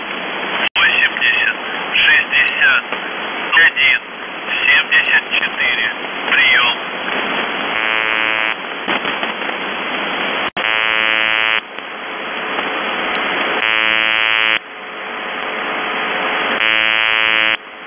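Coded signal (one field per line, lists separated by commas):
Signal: channel marker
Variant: UVB-76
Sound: garbled radio voice, then several harsh harmonic buzzes over static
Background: radio static, voice message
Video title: The Buzzer/UVB-76(4625Khz) December 2, 2021 17:08UTC Voice message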